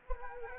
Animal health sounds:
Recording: mosquito wingbeat signal from an infrared sensor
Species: Anopheles arabiensis

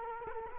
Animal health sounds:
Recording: mosquito wingbeat signal from an infrared sensor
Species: Culex quinquefasciatus

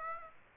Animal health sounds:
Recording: mosquito wingbeat signal from an infrared sensor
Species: Aedes aegypti

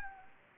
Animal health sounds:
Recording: mosquito wingbeat signal from an infrared sensor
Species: Anopheles gambiae

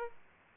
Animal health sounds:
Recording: mosquito wingbeat signal from an infrared sensor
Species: Aedes aegypti

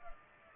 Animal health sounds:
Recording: mosquito wingbeat signal from an infrared sensor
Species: Culex pipiens

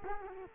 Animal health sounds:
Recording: mosquito wingbeat signal from an infrared sensor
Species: Culex quinquefasciatus

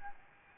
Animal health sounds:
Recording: mosquito wingbeat signal from an infrared sensor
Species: Aedes albopictus

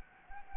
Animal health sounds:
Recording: mosquito wingbeat signal from an infrared sensor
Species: Anopheles gambiae

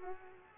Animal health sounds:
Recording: mosquito wingbeat signal from an infrared sensor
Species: Culex pipiens

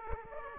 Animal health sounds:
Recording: mosquito wingbeat signal from an infrared sensor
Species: Aedes aegypti

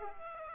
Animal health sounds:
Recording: mosquito wingbeat signal from an infrared sensor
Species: Aedes aegypti

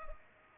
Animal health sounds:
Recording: mosquito wingbeat signal from an infrared sensor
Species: Culex pipiens

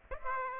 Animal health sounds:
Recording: mosquito wingbeat signal from an infrared sensor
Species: Aedes aegypti

